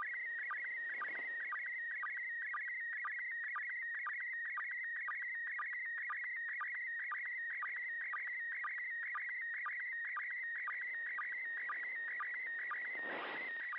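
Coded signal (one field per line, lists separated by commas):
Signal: SSTV (slow-scan television)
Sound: steady warbling whistle around 2 kHz with rapid regular chirping clicks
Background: radio static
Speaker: the international space station came over the uk transmitting amateur radio slow scan television on 145.8 megahertz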